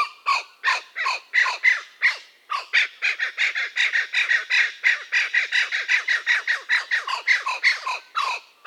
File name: blue winged kookaburra